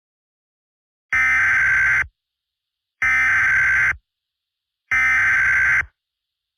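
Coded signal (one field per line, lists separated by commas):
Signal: Emergency Alert System (SAME) tones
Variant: header bursts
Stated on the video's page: Fictional EAS scenario.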